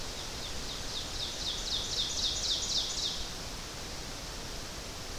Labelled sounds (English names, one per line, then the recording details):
Ovenbird song
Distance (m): 60 m
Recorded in boreal forest in Alberta, Canada, on 12 June 2016 at 06:57
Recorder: SongMeter 3, array SBT-3-18
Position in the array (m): 246 m, 96 m
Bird 31